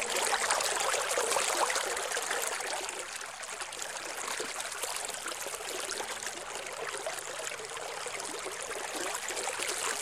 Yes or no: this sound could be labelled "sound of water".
yes